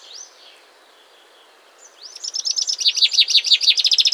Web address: Chaffinch